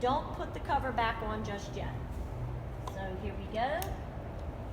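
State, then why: Seated. A charged rechargeable battery pack is slid into the bottom of a peephole doorbell camera unit while someone talks. A short, sharp click at 2.9 s marks the battery seating in place.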